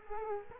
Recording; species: mosquito wingbeat signal from an infrared sensor; Culex quinquefasciatus